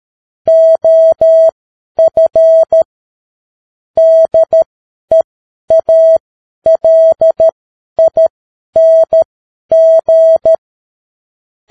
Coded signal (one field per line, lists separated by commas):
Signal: Morse code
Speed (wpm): 13 wpm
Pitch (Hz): 650 Hz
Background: none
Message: OF DEALING